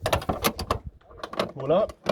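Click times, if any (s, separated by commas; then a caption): none. Someone talks while the lock handle on the access panel of a UH-60A helicopter cowling latch is lifted, with short sharp handling ticks between the words. Nothing has seated or clicked into place yet.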